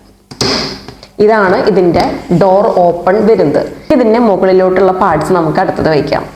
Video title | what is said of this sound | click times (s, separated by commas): ഇത്ര അധികം Products വെറും 0€ 😍#germany #malayalam #temu | ദാ ഫ്രണ്ട് നമ്മൾ ഇതേപോലെ ഇങ്ങനെ ചെയ്തിട്ട് ഇവിടെ ലോക്ക് ചെയ്യിക്കുക. | 0.4 s